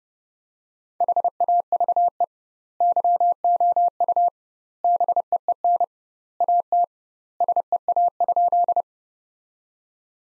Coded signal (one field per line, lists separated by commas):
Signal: Morse code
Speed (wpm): 30 wpm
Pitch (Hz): 700 Hz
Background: none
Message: HAVE YOU BEEN AT SEA?